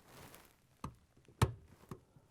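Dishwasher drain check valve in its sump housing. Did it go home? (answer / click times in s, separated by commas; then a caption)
released / 1.4 s. A flat-head screwdriver turns the old plastic check valve (Bosch part 00611320, which also fits Thermador and Gaggenau) inside a Bosch dishwasher's drain sump housing so its tabs at 9 and 3 o'clock let go. Small ticks are heard at about 0.8 s and 1.9 s around the loudest sharp click at 1.4 s, when the tabs release and the valve comes free.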